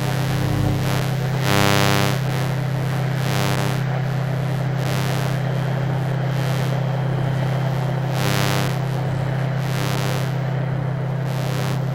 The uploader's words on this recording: I took a Soma Ether and scanned the em fields of my modem, server, gas boiler and light fittings. The output was then fed through Beads, Clouds and Wires .